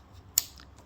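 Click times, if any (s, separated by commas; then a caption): 0.4 s. While the hatch is refitted on a B18C EG hatch car, the rear demister (defroster) wiring connector is pushed onto its terminal on the rear window. One sharp, bright click at 0.4 s shows it seating, followed by two faint small ticks near 0.6 s and 0.8 s. The connector is clicked on and seated.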